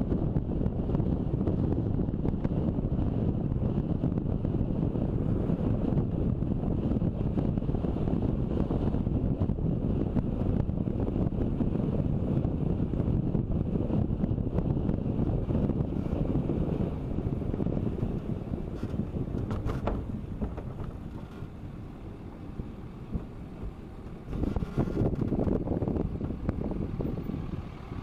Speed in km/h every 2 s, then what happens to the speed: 35, 34, 33, 32, 31, 30, 30, 27, 23, 17, 14, 14, 11, 4.
0-13 steady at about 32. 13-28 slows to 4.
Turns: 14-21.